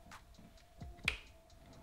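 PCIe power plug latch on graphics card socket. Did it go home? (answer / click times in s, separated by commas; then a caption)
yes / 1.1 s. A plastic latch on a PCIe power plug lifts and snaps back down into the socket on a Sapphire NITRO+ AMD Radeon RX 6800 graphics card. A sharp, bright click is heard at 1.1 s, and the connector is seated and locked.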